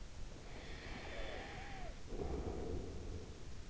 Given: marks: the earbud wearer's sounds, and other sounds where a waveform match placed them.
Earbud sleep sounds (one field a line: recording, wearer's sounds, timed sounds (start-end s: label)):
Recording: sounds in sleep by an in-ear microphone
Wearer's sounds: breath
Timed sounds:
0.66-3.69 s: breath